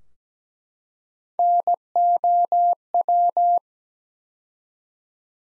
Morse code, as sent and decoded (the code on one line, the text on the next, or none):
-. --- .--
NOW